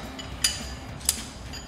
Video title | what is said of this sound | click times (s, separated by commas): Jeep Gladiator JT MBRP 3-Inch XP Series High Clearance Filter-Back Exhaust Review & Sound Clip | Ils se clipsent juste ensemble | 0.5 s, 1.1 s